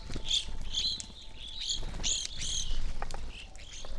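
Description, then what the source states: Evening grosbeaks chirping, a few clear high whistled and buzzy notes in quick succession over a low rumble. Flock feeding on sunflower seeds at backyard feeder hanging from a birch, relatively warm winter morning, McCloud, Siskiyou County, California; microphones either side of the tree trunk.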